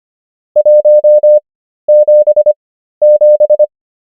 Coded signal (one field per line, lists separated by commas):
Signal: Morse code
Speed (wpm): 25 wpm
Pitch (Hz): 600 Hz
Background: none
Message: 177